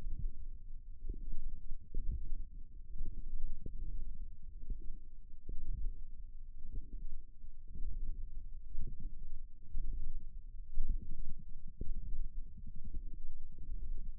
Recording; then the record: forearm muscle sounds (acoustic myography)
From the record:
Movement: hook grip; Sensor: system 1, eight BSWA MPA416 microphones around the upper forearm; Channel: 8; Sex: female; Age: 21 years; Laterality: right